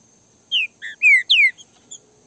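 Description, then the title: Green-winged Saltator song: a short phrase of four clear whistled notes, mostly falling, the last two longest and loudest, followed by two faint high notes. Free-flying mated pair engaged in a song dispute; song type 'voz 10'. "Canto De Trinca Ferro. LINDA DISPUTA com casal de trinca ferro solto"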